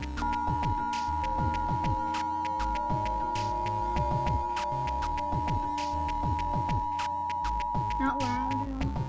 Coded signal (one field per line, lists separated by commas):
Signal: Emergency Alert System (SAME) tones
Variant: 853 and 960 Hz attention tone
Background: music